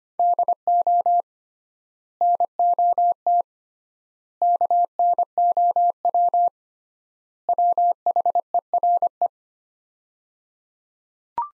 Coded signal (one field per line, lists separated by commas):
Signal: Morse code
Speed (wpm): 25 wpm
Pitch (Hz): 700 Hz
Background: none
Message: DO NOT KNOW WHERE